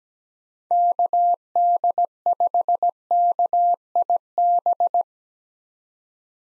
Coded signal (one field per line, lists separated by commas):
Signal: Morse code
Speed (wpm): 17 wpm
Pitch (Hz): 700 Hz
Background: none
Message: KD5KIB